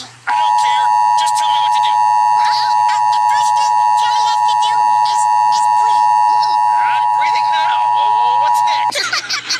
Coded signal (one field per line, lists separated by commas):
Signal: Emergency Alert System (SAME) tones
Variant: 853 and 960 Hz attention tone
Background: speech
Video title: Ruff Ruffman Computer Emergency Alert System